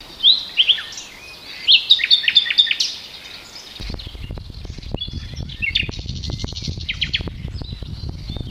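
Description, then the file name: Common nightingale song: sharp whistles and a quick run of repeated notes, then quieter phrases as low rumbling noise takes over. "Luscinia megarhynchos"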